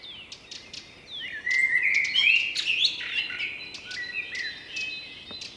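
Blackbird song: a warbling phrase of slurred notes, loudest around the middle and trailing off toward the end.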